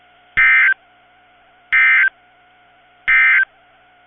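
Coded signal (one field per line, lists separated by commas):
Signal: Emergency Alert System (SAME) tones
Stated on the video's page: Severe thunderstorm warnings from NOAA weather radio station KIG86, Columbus, Ohio.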